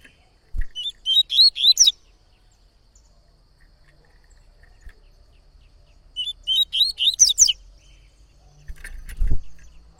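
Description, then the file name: Yellow-bellied Seedeater repeating a short phrase of rising whistled notes twice, about five seconds apart, with a dull thump near the end. Singing a lot; tui-tui song style. "Coleiro Baiano Cantando Muito Canto Tui Tui"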